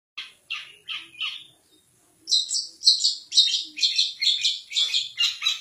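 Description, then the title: Long-tailed shrike song: four short rasping notes, a brief pause, then fast repeated harsh chattering phrases. Champion competition bird, song recording. "Kicau Burung Cendet Juara"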